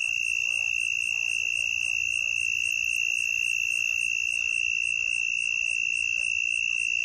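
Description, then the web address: Southern mole cricket song: a continuous, even mid-pitched trill held throughout. Higher insect buzzing and rapid pulsed chirping run alongside it. North America. "Songs of Insects. Southern Mole Cricket"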